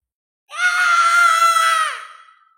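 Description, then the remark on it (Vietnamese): A single piercing, high-pitched shriek of a strange creature in mid-air, struck by a lightning punch, starts abruptly, holds a strained harmonic tone for over a second, then bends downward and fades out. “Tiếng hét chói tai lan truyền từ giữa không trung tới.”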